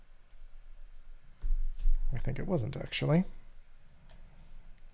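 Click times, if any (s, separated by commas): 4.1 s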